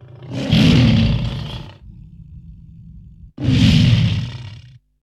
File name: Digiffects Sound Effects Library - Lion Growling